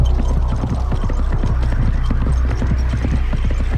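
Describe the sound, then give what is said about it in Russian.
Hooves of Cossack horses clip-clop in a quick, steady rhythm of sharp knocks over a low, constant hum, with no voices. “Они бросают наемных лошадей и садятся на казачьих.”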